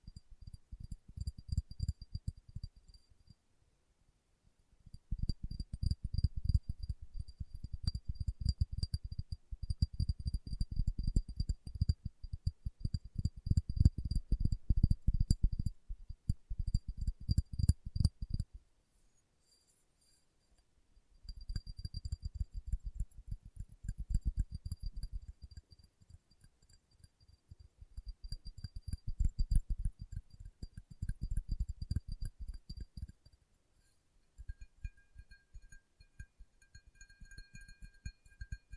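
Fingertip tapping comes in rapid bursts of dense, dull knocks, low and thumpy, in runs of several seconds separated by short pauses near 4, 19 and 34 seconds. Faint thin high tones hang steadily above the taps throughout.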